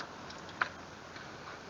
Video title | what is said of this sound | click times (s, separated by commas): 3.7 Liter Jeep, Dodge and Ram Coolant Expansion (Recovery Tank Replacement) | once it stops draining put the petock back on you'll hear a click when it's on all the way | 0.6 s